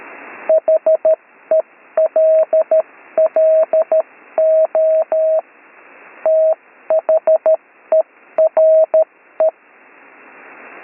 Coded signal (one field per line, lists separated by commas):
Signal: Morse code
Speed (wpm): 13 wpm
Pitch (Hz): 640 Hz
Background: radio noise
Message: HELLO THERE